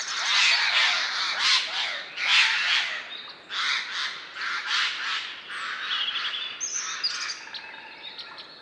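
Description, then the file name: Eurasian jay giving harsh, hoarse screeches, a run of rasping bursts, loud at first and then softer and more broken. "Garrulus glandarius"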